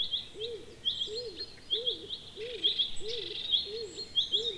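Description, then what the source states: Stock dove song: low, soft arched coos repeated steadily, with high-pitched chirping and trilling from other birds above. Recorded 18 May 2017.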